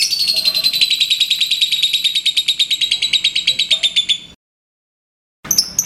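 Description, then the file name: Lovebird pouring out a quick, rhythmic string of shrill, buzzy pulses for about four seconds, silence, then a brief harsh squeal. Lovebird of the liontin type. "audio lovebird liontin omkicau"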